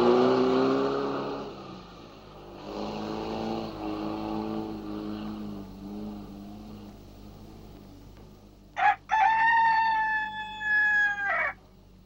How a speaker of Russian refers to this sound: На красной бензоколонке сидит белый петух.